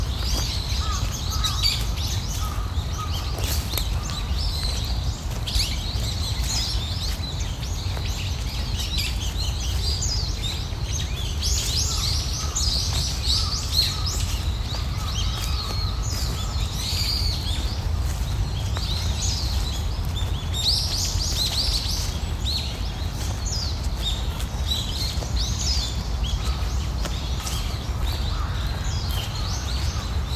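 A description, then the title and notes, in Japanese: Small birds sing and chirp almost constantly through a morning park walk, their bright calls overlapping high above a steady low rush of flowing water. The murmur stays even throughout, with brief crackles and taps here and there like steps on fallen leaves. 公園の朝散歩で聴こえてくる自然音。朝、公園で聴こえてくる小川のせせらぎや滝のオト、小鳥のさえずりや落ち葉ふみなど、四季折々に日々変化するオト。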